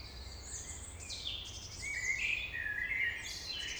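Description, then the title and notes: Common blackbird delivering a short mellow warbled phrase in the second half, overlaid by thin high chirps and twitters of other small birds. Early evening in April 2019 in the Traouiero valley, Trégastel, France; one blackbird singing with other birds; recorded with an ORTF stereo microphone pair. "Vallée des Traouiero, Trégastel, France - Blackbird song [Valley Traouïero]. yponomeutaneko"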